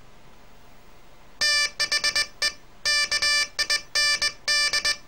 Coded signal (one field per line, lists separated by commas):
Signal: Morse code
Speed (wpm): 20 wpm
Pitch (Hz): 1750 Hz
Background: none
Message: THE KIND